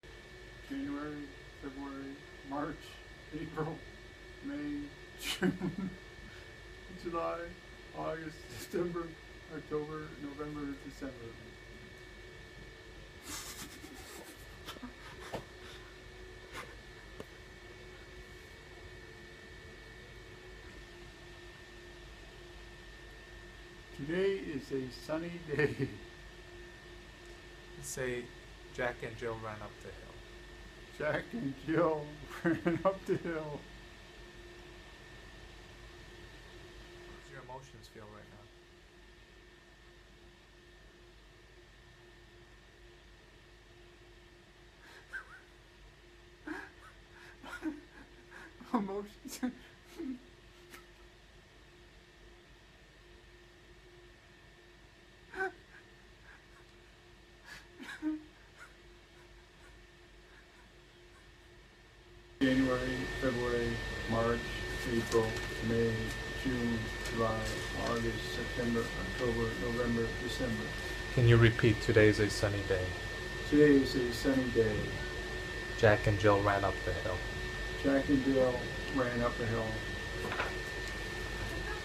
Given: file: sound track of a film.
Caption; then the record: Inappropriate laughter OFF levodopa, that is worsened by increases in stimulation (2 V and 4 V), which subsequently improves in the medicated state.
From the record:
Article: Pseudobulbar laughter as a levodopa off phenomenon exacerbated by subthalamic deep brain stimulation